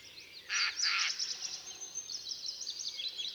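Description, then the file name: Eurasian jay giving two loud, harsh rasping screeches in quick succession, followed by faint high twittering. "Garrulus glandarius"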